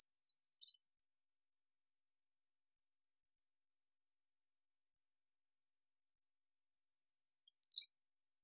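Yellow warbler giving two bright, rapid, high-pitched song phrases about seven seconds apart, each a quick run of sweet notes ending with an emphatic flourish; otherwise silent.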